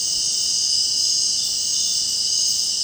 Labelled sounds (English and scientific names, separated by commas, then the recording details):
none
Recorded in dense forest near Puerto Asís, Putumayo, Colombia, on 25 June 2025 at 19:30
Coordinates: 0.499, -76.324
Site G100